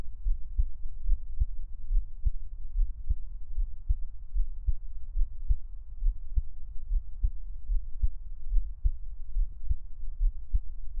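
Steady, regular low heartbeat thumps at about 73 beats a minute over a soft low hum, an adult's own heartbeat heard close up.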